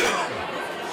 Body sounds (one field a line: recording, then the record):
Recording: coughing mixed with background sound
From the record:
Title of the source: Spring Cold Coughing 2